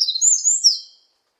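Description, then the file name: Eurasian wren song fragment, a quick burst of high, sharp trilled notes lasting about a second, then silence. "굴뚝새"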